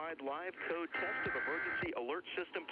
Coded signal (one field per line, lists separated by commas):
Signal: Emergency Alert System (SAME) tones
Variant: header bursts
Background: speech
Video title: The first test of the National Emergency Alert System 11/9/11.